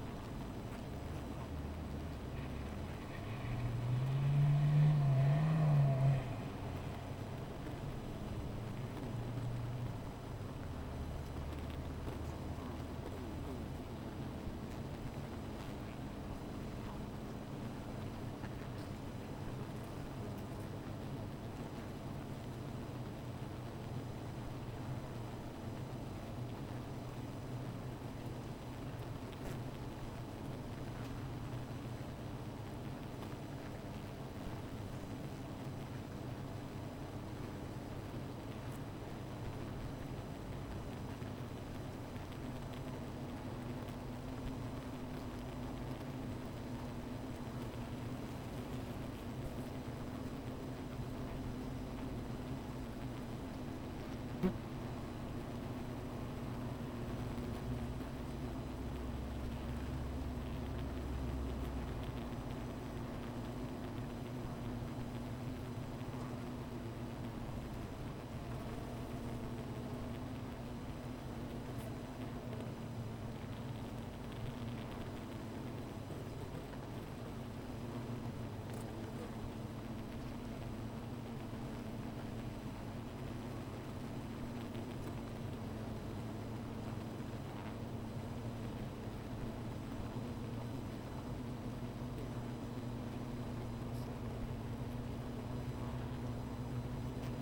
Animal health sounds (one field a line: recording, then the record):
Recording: honeybee colony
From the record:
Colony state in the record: missing queen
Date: 14 July 2017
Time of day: 15:57